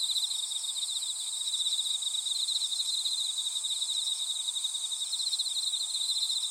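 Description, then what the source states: Insects trilling together, a rapid beaded pulse sitting under a bright sustained shrill tone, steady and continuous. Insects calling in a grassy patch.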